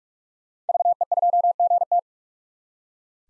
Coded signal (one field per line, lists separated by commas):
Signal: Morse code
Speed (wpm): 42 wpm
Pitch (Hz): 700 Hz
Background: none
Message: VE2GT